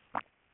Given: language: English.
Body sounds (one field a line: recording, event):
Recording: throat vibration sensor signal played as sound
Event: swallow